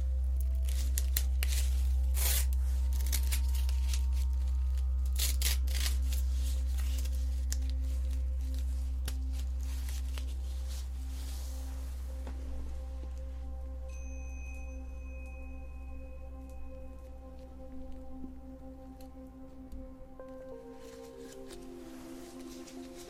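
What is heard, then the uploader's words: Facial acupuncture and face touching: soft taps, squishes and clicks come in dense clusters over the first dozen seconds, then thin out. A steady low hum and faint ringing tones run underneath, with a brief high whine midway and a falling tone near the end. ASMR Facial Acupuncture ~ Personal Attention Close Up Face Touching.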